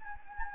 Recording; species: mosquito wingbeat signal from an infrared sensor; Anopheles gambiae